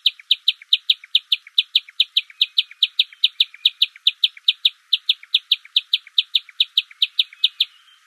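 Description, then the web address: Bamboo warbler giving a fast, even run of short, bright notes, stopping shortly before the end; otherwise quiet background. African bird recorded in the Mahale Mountains in November 2005. "African birds warbler bamboo warbler bamboo Mahale Mtns DMoyer 2005-11"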